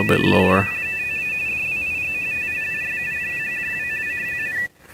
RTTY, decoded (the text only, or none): N0TA DWIGHT KY N0TA M